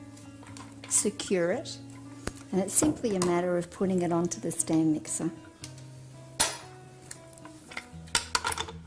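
A KitchenAid 5SSA grinder and sausage-stuffer attachment is handled and pushed toward the stand mixer's attachment hub while someone talks. There are faint taps near 0.6 s and 0.7 s, a sharp knock at 6.4 s, and a cluster of knocks from 8.2 to 8.5 s. Nothing has seated or locked into place yet.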